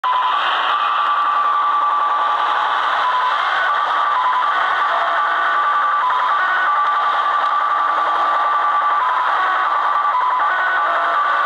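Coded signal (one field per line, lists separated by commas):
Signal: HF data modem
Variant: Slot Machine (XSL)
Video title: Japanese 'Slot Machine' XSL 6249-6250khz/6.25mhz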